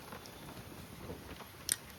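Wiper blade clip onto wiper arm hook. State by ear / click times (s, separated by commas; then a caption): not seated / none. A new wiper blade's plastic clip is pushed onto the hook of a Tata Nexon's wiper arm. Low rustling handling noise is followed by a short sharp sound near 1.7 s. The clip is catching on the arm but nothing has seated or clicked yet.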